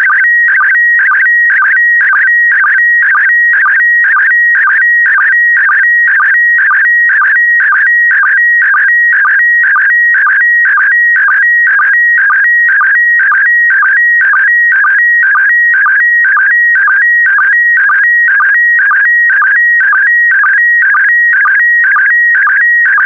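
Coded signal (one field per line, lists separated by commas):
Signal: SSTV (slow-scan television)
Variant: PD120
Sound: continuous warbling high tone with short low sync chirps about twice per second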